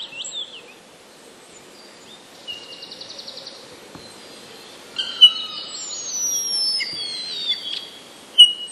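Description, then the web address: Common starling song mixing short twitters, a rapid buzzy trill, sharp clicks and several high falling whistles, with a low background hum. Starling song containing mimicry borrowed from passerine birds. "wroblowe zapozyczenia szpaki"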